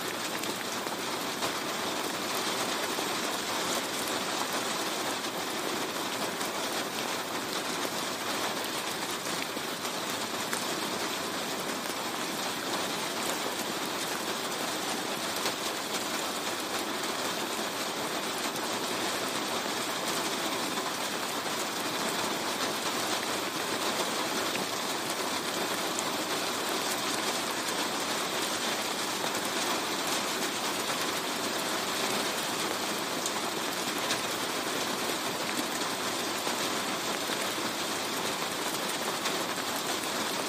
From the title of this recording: Rain Sounds On Car